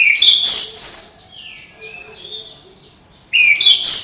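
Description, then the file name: Orange-sided thrush song: loud mixed whistles at the start and end, with a soft run of downslurred notes in between. "anis cendana"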